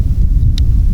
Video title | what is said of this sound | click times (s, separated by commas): EASIEST WAY TO TRAP COYOTES - Dirthole sets in Ohio | okay heard it click they're night latched which is pretty cool | 0.6 s